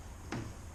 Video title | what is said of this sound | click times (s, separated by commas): Faulty fuel pump how to fix replace repair M-Tel garage | Push that until it clicks. There it goes. | 0.3 s